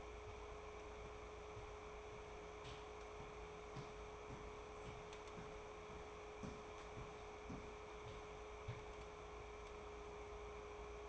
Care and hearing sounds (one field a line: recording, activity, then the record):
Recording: daily activity, microphone in the room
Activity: walk to room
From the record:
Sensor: 1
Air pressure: 1010.5 hPa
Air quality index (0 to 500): 170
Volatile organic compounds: 12 ppm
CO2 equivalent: 2345 ppm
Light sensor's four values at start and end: 59/152/63/81 and 53/136/57/72